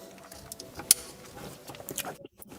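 An interior trim piece on the dashboard or console of a BMW F45/F46 is pried open with some effort, with faint scraping and small clicks as it is worked. At 0.9 s it comes loose with one sharp, loud snap. A few quieter ticks follow as the released part is handled.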